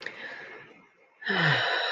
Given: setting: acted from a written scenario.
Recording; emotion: vocal sound without words; serenity